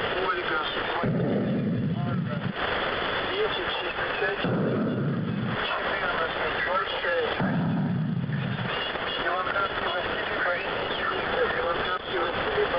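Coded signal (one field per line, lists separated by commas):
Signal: coded military voice message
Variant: The Pip, Russian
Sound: a voice speaking through heavy radio static, with intermittent low hum bursts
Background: radio static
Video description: "The Pip" is a Russian military station that broadcasts on 5448 kHz at daytime and 3756 kHz at nighttime.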